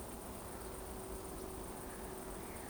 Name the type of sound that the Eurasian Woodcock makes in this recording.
whistle